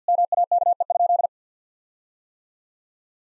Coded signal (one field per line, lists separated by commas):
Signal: Morse code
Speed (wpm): 50 wpm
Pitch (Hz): 700 Hz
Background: none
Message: MAKE?